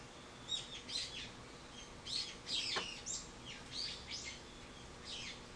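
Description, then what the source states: Bird chirps: bright high notes in loose, irregular groups, one sharp downward-sweeping note among them, with faint hiss. Recorded 24 March 2023.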